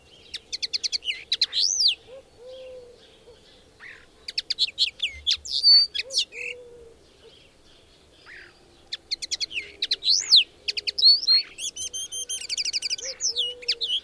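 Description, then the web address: Bird song: rapid high chirping phrases with whistled notes, repeated in bursts every few seconds, with soft low whistles. "madarak enek"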